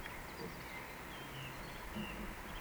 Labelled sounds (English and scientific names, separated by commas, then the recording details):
Eurasian Woodcock (Scolopax rusticola) whistle
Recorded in Baden-Württemberg, Germany, on 17 June 2020 at 19:56 UTC
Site 14569, 102 m above sea level